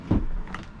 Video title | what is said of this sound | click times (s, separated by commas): MASSIVE Double Slide-Out Lance Truck Camper‼️ 2021 Lance 1172 - Java Interior‼️ | and then it locks into place | 0.5 s